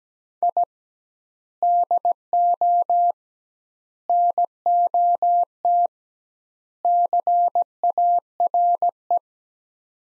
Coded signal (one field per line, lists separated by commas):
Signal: Morse code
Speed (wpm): 17 wpm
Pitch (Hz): 700 Hz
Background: none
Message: I DO NOT CARE